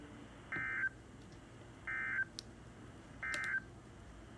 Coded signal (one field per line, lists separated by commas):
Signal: Emergency Alert System (SAME) tones